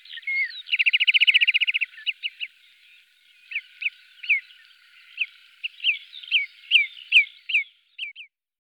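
Marsh Sandpiper calls: a fast trill, then a series of short, sharp whistled notes.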